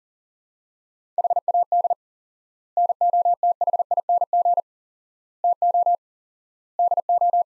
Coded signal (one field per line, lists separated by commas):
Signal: Morse code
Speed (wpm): 40 wpm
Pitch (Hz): 700 Hz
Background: none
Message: HAD NOTHING TO DO